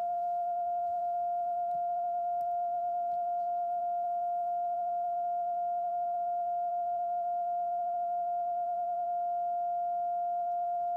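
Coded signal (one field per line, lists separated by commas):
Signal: radio time signal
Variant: TDF Allouis carrier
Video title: Time Signal Allouis France 162 Long Wave CW Received In Romford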